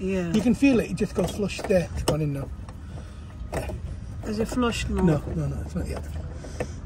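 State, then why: Seated. A headlight bulb, its prongs lined up, is pushed into the rubber-sealed headlight housing of an EV car while someone talks; the first try does not sit flush. A short, sharp click at 6.6 s marks the bulb seating in the housing.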